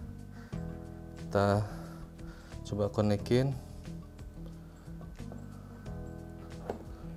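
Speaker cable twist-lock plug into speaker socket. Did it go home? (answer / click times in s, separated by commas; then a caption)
yes / 6.7 s. A speaker cable twist-lock plug is pushed into the socket on a 15-inch Crimson speaker and twisted until it locks, while someone talks and music plays. A sharp click at 6.7 s marks the connector locking in, so the plug is properly seated.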